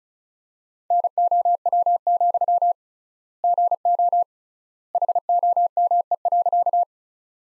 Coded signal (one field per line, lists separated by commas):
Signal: Morse code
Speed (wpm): 34 wpm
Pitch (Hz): 700 Hz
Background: none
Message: NOW, GO HOME.